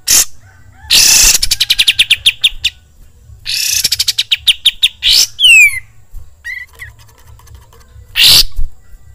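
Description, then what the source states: Bulbul song: loud harsh bursts and a fast rattling series of rapid notes, then sharp downslurred whistles and short chirps between pauses. Song used for training songbirds (masteran).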